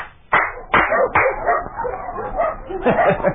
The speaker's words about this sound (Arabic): ما رأيت أكثر من كلاب الشيخ كأنها ترجو القادمة أن يشد أذنابها لتنبح.